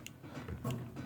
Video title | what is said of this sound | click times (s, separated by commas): Mirror Repair [ 2007 KIA Grand Carnival Sedona ] | that got it. I heard it go click twice, and then I've checked all around, and it's all | 0.1 s, 0.5 s